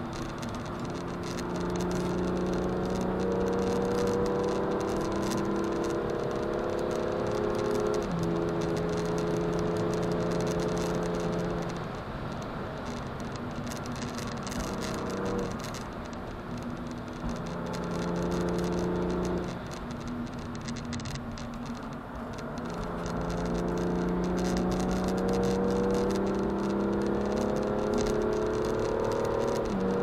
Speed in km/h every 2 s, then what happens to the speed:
145, 156, 168, 180, 179, 181, 168, 159, 143, 149, 127, 115, 123, 139, 159.
0-6 speeds up to 180. 6-11 steady at about 180. 11-21 brakes to 115. 23-30 speeds up to 159.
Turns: none.